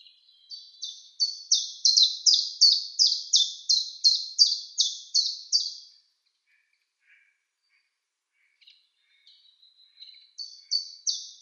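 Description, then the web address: Common chiffchaff song: a run of many high, clipped notes alternating up and down, then a pause with faint chips before the song starts again. "Schulze Peter Common Chiffchaff song"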